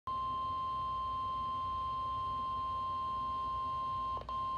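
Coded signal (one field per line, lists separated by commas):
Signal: Emergency Alert System (SAME) tones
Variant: 1050 Hz attention tone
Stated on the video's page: NOAA Weather Radio broadcast of two Severe Thunderstorm Warnings, for New Castle, DE and Chester, PA, and for Cecil, MD.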